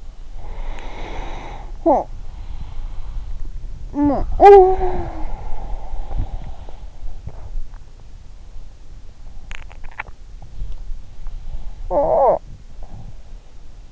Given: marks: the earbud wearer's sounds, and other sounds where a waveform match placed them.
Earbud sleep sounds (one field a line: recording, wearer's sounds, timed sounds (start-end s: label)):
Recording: sounds in sleep by an in-ear microphone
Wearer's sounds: body movement, breath, talking in sleep, swallowing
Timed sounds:
0.00-7.74 s: body movement
0.25-3.45 s: breath
1.77-2.20 s: talking in sleep
3.80-5.53 s: talking in sleep
3.80-7.54 s: breath
9.40-10.50 s: swallowing
10.30-13.92 s: body movement
11.93-12.54 s: talking in sleep